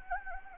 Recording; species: mosquito wingbeat signal from an infrared sensor; Anopheles gambiae